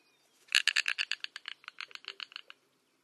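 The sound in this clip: Snail kite giving a dry, rattling cackle, a rapid series of harsh notes that starts loud and fades over about two seconds.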